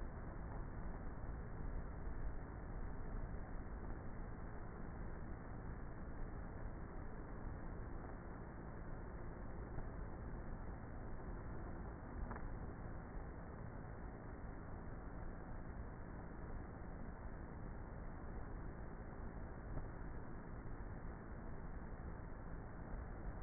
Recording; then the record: honeybee colony, microphone inside the hive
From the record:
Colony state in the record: queenless with a low population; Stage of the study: before two queens were removed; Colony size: about 30,000 bees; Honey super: no